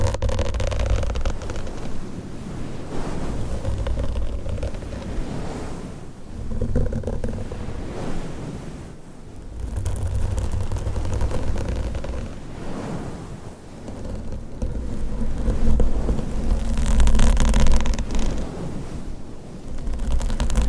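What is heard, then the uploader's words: Close, dense scratching and rubbing of long nails on a microphone cover, a steady muffled rustle with low thumps and brighter swells recurring every few seconds. ASMR Mic Scratching & Massage with XXL ULTRA LONG NAILS , Different Mic Covers & Mics No Talking.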